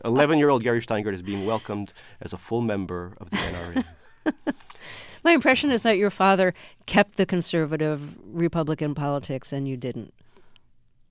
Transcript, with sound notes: 11-year-old Gary Shteyngart is being welcomed as a full member of the NRA.
(LAUGHTER)
My impression is that your father kept the conservative Republican politics, and you didn't.